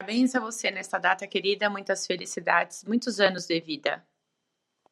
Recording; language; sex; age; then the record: short text; Brazilian Portuguese; female; 50 to 59 years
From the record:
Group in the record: control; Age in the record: 53 years